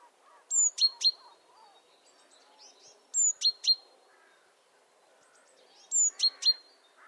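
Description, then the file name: Great tit calls: sharp, high, clipped notes in tight bursts of three, the bursts repeated every few seconds. "Parus major"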